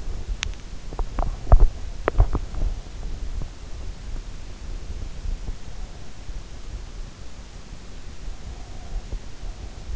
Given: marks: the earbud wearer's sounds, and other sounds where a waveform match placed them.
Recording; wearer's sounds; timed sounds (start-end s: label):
sounds in sleep by an in-ear microphone; teeth grinding
0.00-3.11 s: teeth grinding